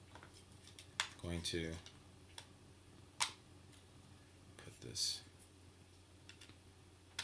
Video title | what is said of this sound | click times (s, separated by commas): UNBOXING 2 | go snaps right in place | 7.2 s